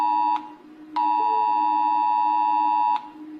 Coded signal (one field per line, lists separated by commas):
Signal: Emergency Alert System (SAME) tones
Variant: 853 and 960 Hz attention tone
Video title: rating eas alarms part 4